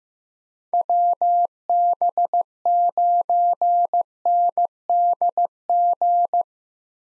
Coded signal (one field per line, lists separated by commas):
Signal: Morse code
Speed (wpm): 15 wpm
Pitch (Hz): 700 Hz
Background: none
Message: WB9NDG